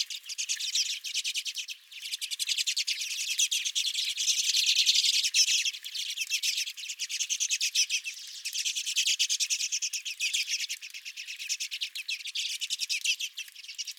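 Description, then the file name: Redpolls: steady chattering from a flock, rapid overlapping chips running almost unbroken from start to finish. Several redpolls at the recordist's own feeder. "Redpolls at My Feeder"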